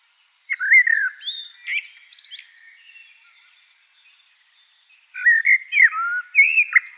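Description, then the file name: Eurasian blackbird with a rich, descending fluted phrase and high twittering, a silent gap, then more mellow warbled whistles with a squeaky ending. "Turdus merula"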